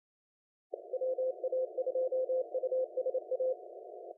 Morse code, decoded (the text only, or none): WA2USA